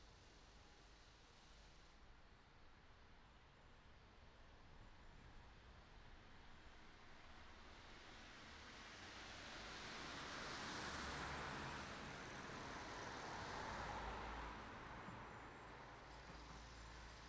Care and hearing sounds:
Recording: everyday scene through a hearing-aid microphone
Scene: in traffic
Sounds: traffic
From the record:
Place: city secondary road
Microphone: in the ear canal, right

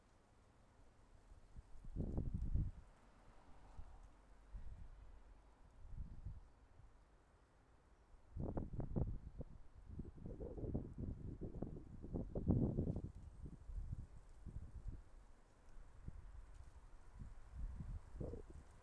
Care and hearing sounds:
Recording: everyday scene through a hearing-aid microphone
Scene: wind on the microphone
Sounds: wind, traffic, birds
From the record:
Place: suburban garden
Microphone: behind the ear, left, front

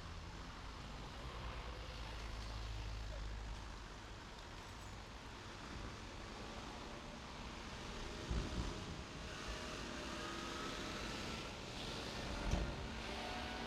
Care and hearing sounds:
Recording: everyday scene through a hearing-aid microphone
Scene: in traffic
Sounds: traffic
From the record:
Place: main road on the outskirts, rush hour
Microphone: in the ear canal, left

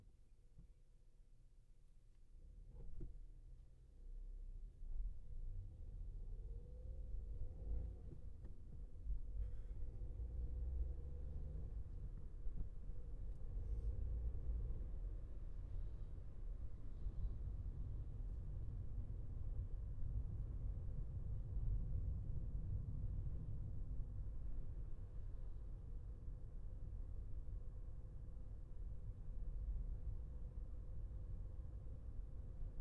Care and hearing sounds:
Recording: everyday scene through a hearing-aid microphone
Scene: in a vehicle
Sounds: engine, highway traffic jam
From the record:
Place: Skoda Fabia, gasoline engine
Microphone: behind the ear, left, rear

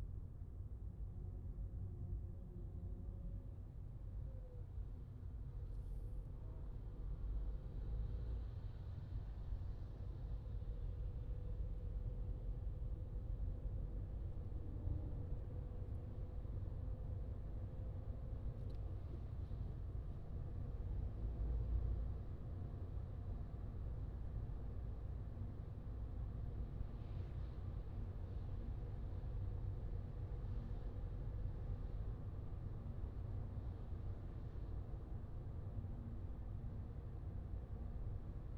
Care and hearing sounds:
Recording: everyday scene through a hearing-aid microphone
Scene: in a vehicle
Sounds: engine, highway driving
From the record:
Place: Skoda Fabia, gasoline engine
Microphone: in the ear canal, left

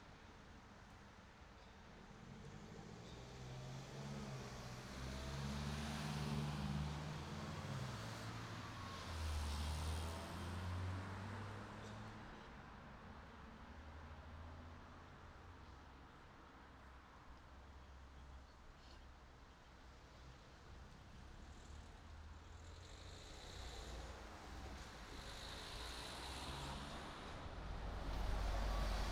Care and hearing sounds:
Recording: everyday scene through a hearing-aid microphone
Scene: in traffic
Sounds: traffic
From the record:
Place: city secondary road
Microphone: in the ear canal, right

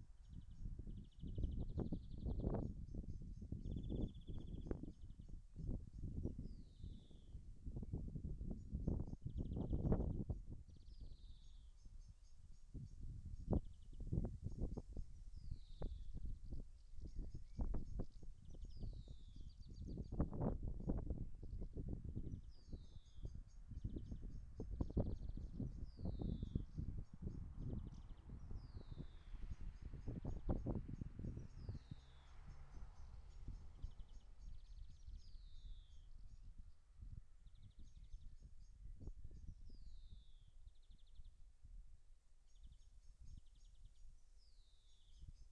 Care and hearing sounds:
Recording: everyday scene through a hearing-aid microphone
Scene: wind on the microphone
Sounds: wind, traffic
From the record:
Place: in front of a rural house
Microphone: behind the ear, left, rear

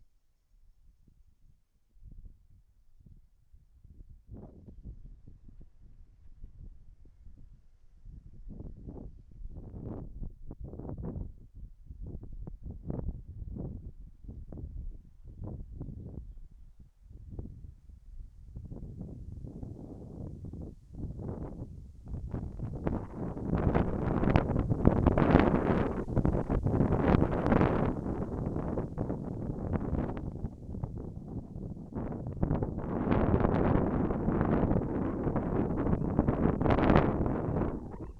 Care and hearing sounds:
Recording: everyday scene through a hearing-aid microphone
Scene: wind on the microphone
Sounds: wind, whistling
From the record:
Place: in front of a rural house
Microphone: behind the ear, left, front

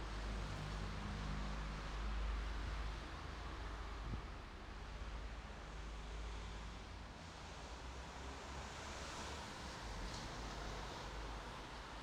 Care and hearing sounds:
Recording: everyday scene through a hearing-aid microphone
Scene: in traffic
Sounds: traffic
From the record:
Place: bus stop on a city main road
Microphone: in the ear canal, right

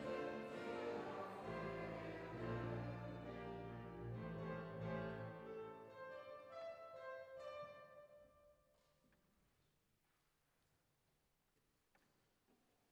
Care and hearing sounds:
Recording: everyday scene through a hearing-aid microphone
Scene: reverberant space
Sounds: music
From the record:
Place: church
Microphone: behind the ear, left, rear

